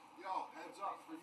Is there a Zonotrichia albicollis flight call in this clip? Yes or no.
no